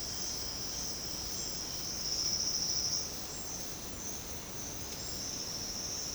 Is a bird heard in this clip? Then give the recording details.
no. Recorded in secondary vegetation near Puerto Asís, Putumayo, Colombia, on 19 March 2025 at 08:30. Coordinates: 0.484, -76.319. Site G010